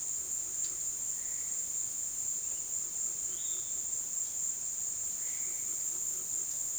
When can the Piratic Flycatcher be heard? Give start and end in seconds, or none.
3.31-3.71